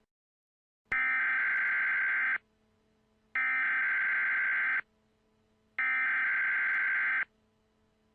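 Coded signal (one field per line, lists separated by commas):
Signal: Emergency Alert System (SAME) tones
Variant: header bursts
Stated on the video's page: Fictional EAS scenario of a Chicago fire, simulated alert tones.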